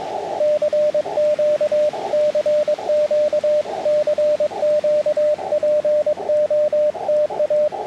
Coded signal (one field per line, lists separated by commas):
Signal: Morse code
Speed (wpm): 22 wpm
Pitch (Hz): 600 Hz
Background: radio noise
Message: CQ CQ CQ POTA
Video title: Parks on the Air Morse Code (CW) activation summary